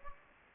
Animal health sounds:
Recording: mosquito wingbeat signal from an infrared sensor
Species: Anopheles gambiae

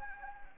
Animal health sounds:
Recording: mosquito wingbeat signal from an infrared sensor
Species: Anopheles gambiae

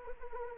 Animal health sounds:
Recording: mosquito wingbeat signal from an infrared sensor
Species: Anopheles arabiensis

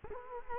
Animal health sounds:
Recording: mosquito wingbeat signal from an infrared sensor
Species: Culex quinquefasciatus

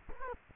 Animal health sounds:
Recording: mosquito wingbeat signal from an infrared sensor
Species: Culex quinquefasciatus

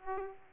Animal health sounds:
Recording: mosquito wingbeat signal from an infrared sensor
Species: Aedes aegypti

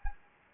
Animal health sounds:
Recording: mosquito wingbeat signal from an infrared sensor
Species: Anopheles gambiae

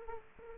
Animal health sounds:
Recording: mosquito wingbeat signal from an infrared sensor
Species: Aedes aegypti

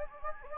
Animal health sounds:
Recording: mosquito wingbeat signal from an infrared sensor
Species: Anopheles gambiae

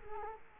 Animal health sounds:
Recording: mosquito wingbeat signal from an infrared sensor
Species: Culex quinquefasciatus

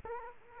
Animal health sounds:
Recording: mosquito wingbeat signal from an infrared sensor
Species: Culex quinquefasciatus

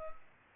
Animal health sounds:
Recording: mosquito wingbeat signal from an infrared sensor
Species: Culex pipiens

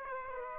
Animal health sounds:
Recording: mosquito wingbeat signal from an infrared sensor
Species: Aedes aegypti

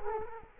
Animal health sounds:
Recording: mosquito wingbeat signal from an infrared sensor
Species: Culex quinquefasciatus

